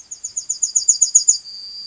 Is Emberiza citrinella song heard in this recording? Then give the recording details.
yes. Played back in grassland. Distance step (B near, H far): C. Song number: 154